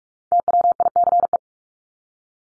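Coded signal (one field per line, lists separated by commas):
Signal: Morse code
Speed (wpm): 44 wpm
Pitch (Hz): 700 Hz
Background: none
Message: TWICE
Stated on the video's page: Morse practice of common words at 45 wpm for head-copy, each word sent twice with spoken word between.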